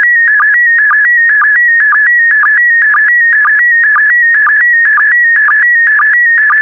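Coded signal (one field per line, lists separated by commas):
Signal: SSTV (slow-scan television)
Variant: PD120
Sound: steady warbling tones stepping between pitches, with a low chirp twice per second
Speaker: the next image transmission will start in 10 seconds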